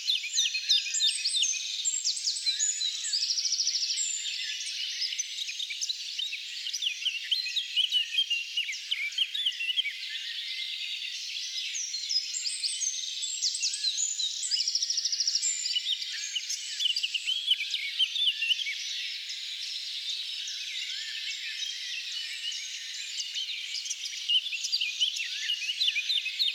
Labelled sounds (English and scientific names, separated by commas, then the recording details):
Eurasian Blackcap (Sylvia atricapilla) song
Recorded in the wild
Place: Lilienhof / Kaiserstuhl, Baden-Württemberg, DE
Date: 2008-05-03
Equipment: MiniDisc Sharp MT 20 H
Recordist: Schwarz, Dieter